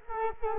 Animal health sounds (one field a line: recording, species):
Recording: mosquito wingbeat signal from an infrared sensor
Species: Culex quinquefasciatus